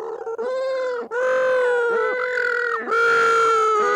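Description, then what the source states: Little penguin calling in sustained, bleating, harmonic notes with small pitch shifts, several long phrases in a row. Northern.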